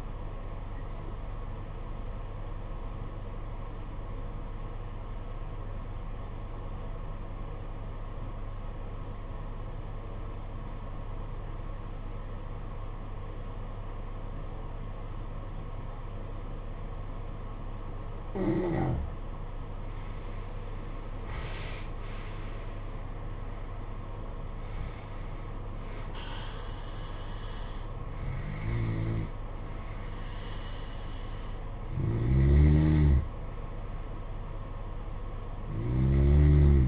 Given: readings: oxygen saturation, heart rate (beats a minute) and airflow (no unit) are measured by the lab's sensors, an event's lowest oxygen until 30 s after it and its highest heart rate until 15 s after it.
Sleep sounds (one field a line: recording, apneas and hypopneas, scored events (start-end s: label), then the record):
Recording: breathing in sleep by a smartphone at the bedside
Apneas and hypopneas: 1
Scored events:
3.00-19.90 s: obstructive apnea (N1, oxygen 95% highest, then 87% lowest, heart rate 51 at the start, 61 highest)
21.00-36.88 s: new sleep stage, N2 (light sleep)
From the record:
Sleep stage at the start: N1 (lightest sleep)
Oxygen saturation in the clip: 88 to 95%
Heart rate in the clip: 50 to 61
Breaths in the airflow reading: 4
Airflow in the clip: -16.4 to 17.8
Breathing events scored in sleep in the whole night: 476 in 9.7 hours asleep